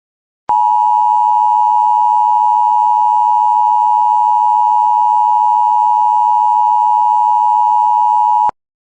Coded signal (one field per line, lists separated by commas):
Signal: Emergency Alert System (SAME) tones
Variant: 853 and 960 Hz attention tone